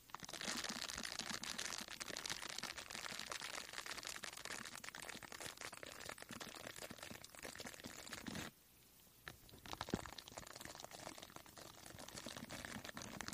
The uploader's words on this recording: ASMR THE ULTIMATE MIC TRIGGER TEST on NEW Blue Yeti Pro (mic brushing, mic scratching, no talking). Mic Scratching on Foam Mic Cover.